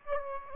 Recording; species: mosquito wingbeat signal from an infrared sensor; Aedes aegypti